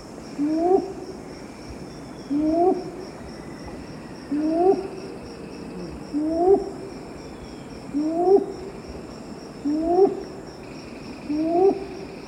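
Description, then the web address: Red-billed ground-cuckoo giving short low upslurred hoots about every two seconds over a steady backdrop of high-pitched insects. Recorded in the eastern lowlands of South America. "Natures Songs S America Eastern Lowlands. Red-billed Ground-Cuckoo"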